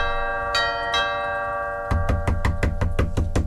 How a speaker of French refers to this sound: C'est quand même con de devoir sonner et taper après. Ouais. Oui, mais il entend peut-être pas. Moi, je crois qu'il va falloir insister. Je tape fort, là, putain.